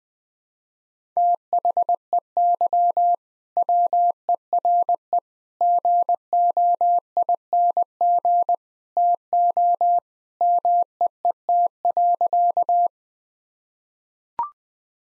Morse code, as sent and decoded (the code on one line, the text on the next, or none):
- .... . -.-- / .-- . .-. . / --. --- .. -. --. / - --- / -- . . - .-.-.-
THEY WERE GOING TO MEET.